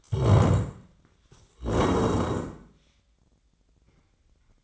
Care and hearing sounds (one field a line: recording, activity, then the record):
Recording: daily activity, microphone in the room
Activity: stand up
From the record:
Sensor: 3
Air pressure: 1012.2 hPa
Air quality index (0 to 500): 174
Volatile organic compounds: 3 ppm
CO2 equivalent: 1336 ppm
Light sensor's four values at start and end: 91/211/98/111 and 113/247/122/140